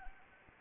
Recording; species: mosquito wingbeat signal from an infrared sensor; Anopheles arabiensis